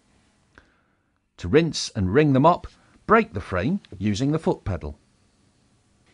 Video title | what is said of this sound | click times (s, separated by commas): How to Assemble Use the UltraSpeed | lower the mop frame and Pad towards the floor and press down the handle until you hear the frame click closed | 0.6 s